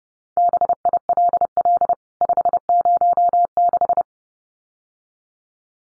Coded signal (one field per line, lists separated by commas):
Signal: Morse code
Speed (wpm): 30 wpm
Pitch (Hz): 700 Hz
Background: none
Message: BILL 506